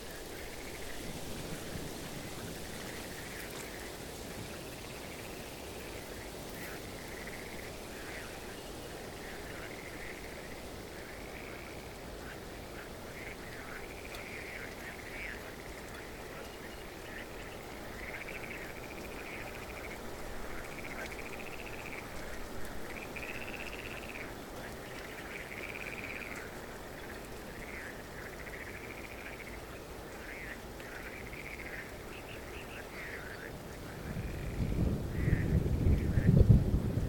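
Frogs sing in a wetland at night, a steady run of bright rising croaks over a low rumble that swells into a loud whoosh near the end.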